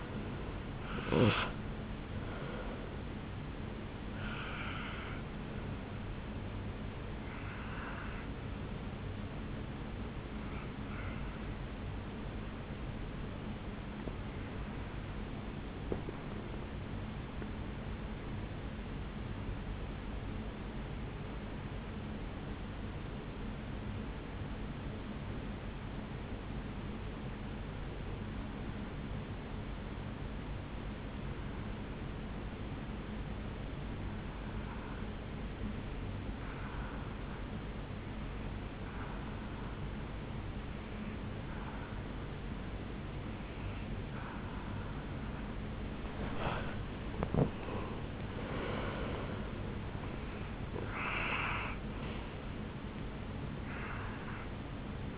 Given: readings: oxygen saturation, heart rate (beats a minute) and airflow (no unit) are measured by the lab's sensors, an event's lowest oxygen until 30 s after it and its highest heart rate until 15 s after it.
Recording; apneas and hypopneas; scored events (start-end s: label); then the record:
breathing in sleep by a voice recorder at the bedside; 1
19.00-48.50 s: hypopnea (N2, oxygen 96% highest, then 88% lowest, heart rate 59 at the start, 73 highest)
41.00-55.18 s: new sleep stage, N1 (lightest sleep)
From the record:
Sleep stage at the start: N2 (light sleep); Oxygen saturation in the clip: 86 to 96%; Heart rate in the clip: 56 to 74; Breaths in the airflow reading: 5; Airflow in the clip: -8.3 to 5.9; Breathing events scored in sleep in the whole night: 449 in 7.0 hours asleep